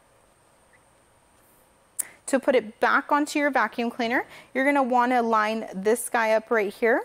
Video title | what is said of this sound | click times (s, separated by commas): Why the Miele Triflex HX1 Lotus Stick Is What You Need! - vacuumcleanermarket.com | and push until you hear it clicking | 2.0 s